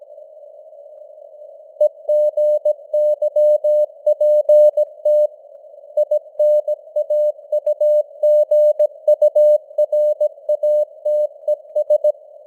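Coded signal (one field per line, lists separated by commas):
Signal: Morse code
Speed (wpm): 17 wpm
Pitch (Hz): 600 Hz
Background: none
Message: EGYPT INAUGURATES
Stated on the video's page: Morse news headlines at 17 wpm with simulated radio noise and varying signal strength (QSB).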